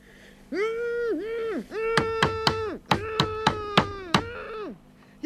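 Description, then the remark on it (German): Sharp knocking by someone in a radio play recorded on a tape recorder, in two bursts, three quick raps and then a longer run of four or five, loud over a sustained, wavering harmonic tone that rises and falls throughout. “Ja, da hat doch jemand geklopft.”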